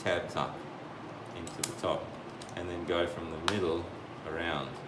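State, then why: Not seated. A Scubapro dive mask is being reassembled: the two top tabs of the plastic frame are pushed up into the top, then the frame is worked from the middle around so it can snap over the lens and silicone skirt. Someone talks over soft handling and plastic contact sounds, with one sharp tick near 3.5 seconds. Nothing has seated or clicked yet.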